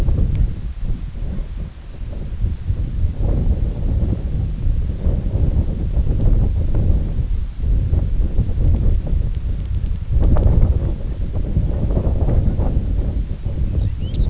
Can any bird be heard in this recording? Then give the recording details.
yes. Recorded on Arctic tundra, site IGLO-D, on 19 June 2018. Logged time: 18:00